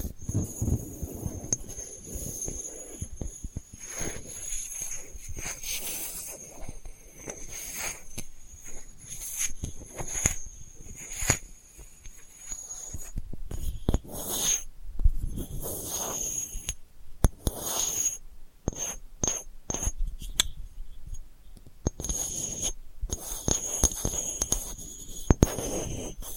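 Delicate scratching goes on throughout, made of fine, brittle strokes that come in quick, irregular clusters with short pauses between them. The scratches are bright and crisp with soft low thuds beneath, and a thin, steady high whine holds in the background.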